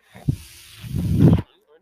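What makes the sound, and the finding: Home mechanical ventilator. Mechanical ventilator breathing cycle.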